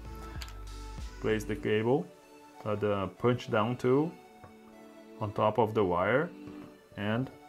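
A punch-down tool blade is placed on top of a network cable wire sitting in a keystone jack's plastic contact slot while someone talks over background music, with faint ticks near 0.4 s and 4.4 s. Nothing has seated or clicked yet; the wire is not yet snapped into the contact.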